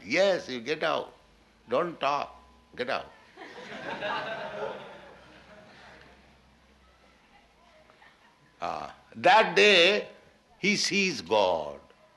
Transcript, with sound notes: "Yes, you get out. Don't talk, get out." [laughter] That day he sees God.